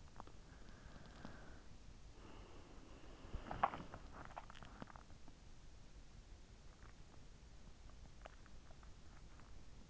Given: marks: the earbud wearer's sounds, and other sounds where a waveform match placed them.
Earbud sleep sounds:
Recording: sounds in sleep by an in-ear microphone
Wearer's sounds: breath, swallowing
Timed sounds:
0.00-3.98 s: breath
3.38-5.21 s: swallowing

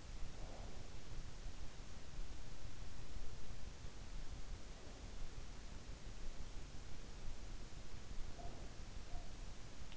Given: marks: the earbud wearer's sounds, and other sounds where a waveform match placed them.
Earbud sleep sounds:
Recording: sounds in sleep by an in-ear microphone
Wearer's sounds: breath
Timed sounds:
0.00-1.11 s: breath
8.21-9.45 s: breath

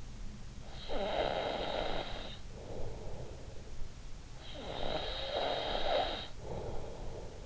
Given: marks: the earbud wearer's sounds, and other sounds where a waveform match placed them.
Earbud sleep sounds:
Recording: sounds in sleep by an in-ear microphone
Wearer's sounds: snoring breath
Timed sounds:
0.30-3.84 s: snoring breath
4.24-7.46 s: snoring breath

